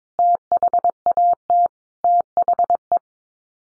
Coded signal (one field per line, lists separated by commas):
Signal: Morse code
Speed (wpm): 22 wpm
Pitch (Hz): 700 Hz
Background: none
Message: THAT THE